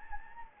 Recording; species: mosquito wingbeat signal from an infrared sensor; Anopheles gambiae